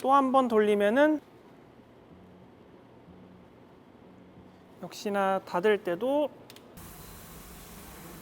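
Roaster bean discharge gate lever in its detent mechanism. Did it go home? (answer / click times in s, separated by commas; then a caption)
partly / 6.5 s, 6.6 s. On a large coffee roaster, the bean-discharge gate lever at the control tower is turned while closing the gate, as someone talks. A short metallic click at 6.5 s and another at 6.6 s mark the lever catching in its intermediate midway detent, followed by a steady broadband hiss. The lever must be turned once more before the gate actually opens, so this is only a partial result.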